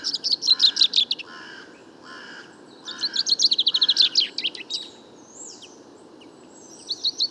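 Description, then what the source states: Common chaffinch song: two rattling phrases of fast notes with lower repeated notes in between, a faint whistle afterwards, and another phrase starting at the end. First song of the year, 16 February 2019, in a Paris wood during fine weather; somewhat muddled, weaker babbling courtship song aimed at nearby females; Nagra recorder, parabolic microphone, mono.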